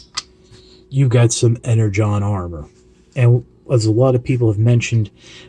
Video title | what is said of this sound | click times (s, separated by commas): Transformers Bumblebee Cyberverse Adventures Volcanicus | is locked into place quite securely here on the back | 0.2 s